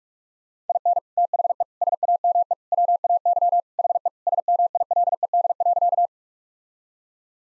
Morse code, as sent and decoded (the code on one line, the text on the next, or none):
.. -. / - .... . / ... .- -- . / .-- .- -.-- / .... . / ... -- .. .-.. . -.. .-.-.-
IN THE SAME WAY HE SMILED.